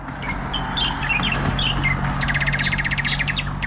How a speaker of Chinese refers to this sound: 清晨，小鸟在树上欢脱地练着嗓，小岗村迎来了新的一天。